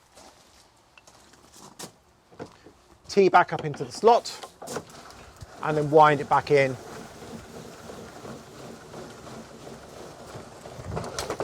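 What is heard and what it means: Someone talks while handling the support leg of a Knaus SKY TI campervan's awning, pushing it back up toward its slot on the awning casing so the awning can be wound back in. A few short, quiet knocks and handling noises sound around the speech, with a cluster of sharper taps at the very end. Nothing has seated or clicked yet.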